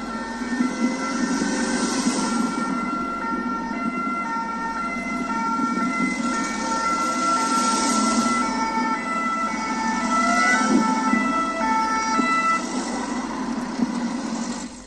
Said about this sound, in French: Rassurez-vous, les sirènes que vous entendez, ce n'est pas une urgence sur Bambaïba